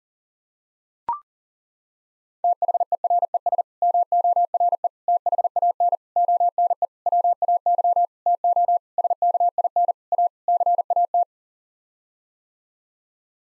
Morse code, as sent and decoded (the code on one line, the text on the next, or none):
- .... . .-. . ... / -- --- .-. . / - .... .- -. / --- -. . / .-- .- -.-- / - --- / ... -.- .. -. / .- / -.-. .- -
THERES MORE THAN ONE WAY TO SKIN A CAT